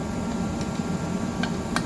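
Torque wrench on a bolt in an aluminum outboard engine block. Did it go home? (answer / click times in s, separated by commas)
yes / 1.8 s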